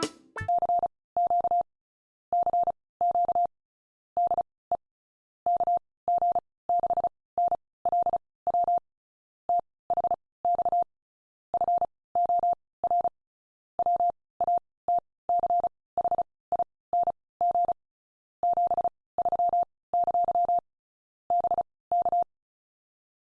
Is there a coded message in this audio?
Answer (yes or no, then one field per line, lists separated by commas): yes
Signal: Morse code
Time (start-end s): 0.5-22.2 s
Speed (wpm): 36 wpm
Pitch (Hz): 700 Hz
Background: none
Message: CQ CQ DE KG6NLW THX FOR WATCHING 73! BK